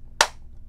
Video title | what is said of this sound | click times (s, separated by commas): How to Change The Batteries Dye R2 Hopper - Step By Step | And you'll hear it snap, and you're good to go. | 0.2 s